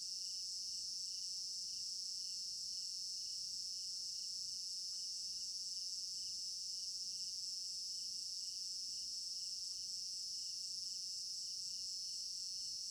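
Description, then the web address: Crickets keep up a constant high-pitched trilling chorus with a faint regular pulse underneath and occasional tiny clicks. Crickets in an African village garden at night; stereo binaural recording. "African-Village Garden Night Crickets Stereo-Binaural. immersive sound library"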